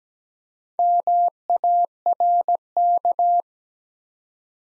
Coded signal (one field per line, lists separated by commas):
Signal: Morse code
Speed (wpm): 17 wpm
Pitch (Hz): 700 Hz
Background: none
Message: MARK